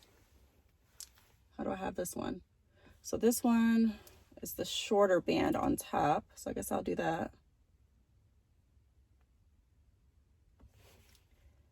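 A shorter top watch strap is handled next to the band slot of an Apple Watch Series 5 case while someone talks, with a few faint taps and small handling sounds. Nothing has seated or clicked yet.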